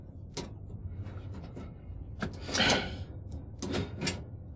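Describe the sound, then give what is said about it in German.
Small metallic clicks and scrapes from a lock being picked, a few sharp ticks followed by a louder rattling scrape and a final pair of clicks, with no voices. “Als wenn du es mit einem Schlüssel geöffnet hättest.”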